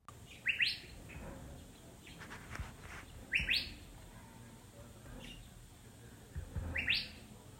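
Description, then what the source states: Curve-billed Thrasher calling: sharp, high two-part whistled notes given three times, about three seconds apart, over steady background hiss. Common desert dweller; this first call is the most distinctive way to identify the species.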